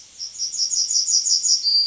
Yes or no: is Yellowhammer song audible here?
yes